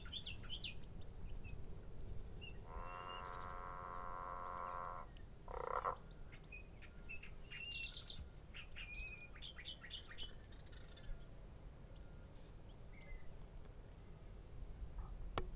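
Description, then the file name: Growling grass frog giving one long, harmonic, rolling growl lasting over two seconds, then a short grunting note; small birds chirp and twitter above a steady low rumble. Recorded at the Western Treatment Plant on 23 January 2016. "growling-grass-frog wtp-23-jan-2016"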